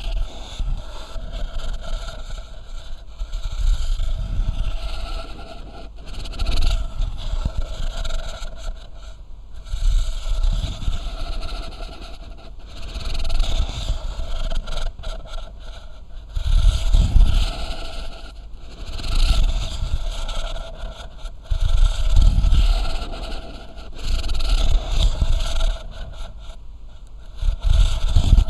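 Deep, rumbling rasps come in bursts about every three seconds, near 20 breaths a minute, with a quiet hiss between them. This is loud, heavy, terrible snoring from an adult sleeper.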